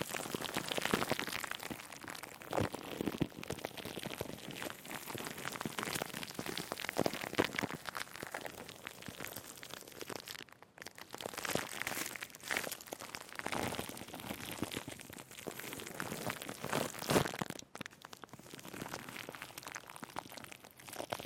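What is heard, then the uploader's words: Plastic wrap crinkles in a dense, steady stream of bright crackling pops, with brief pauses near ten and seventeen seconds. Plastic Wrap Triggers Crinkles.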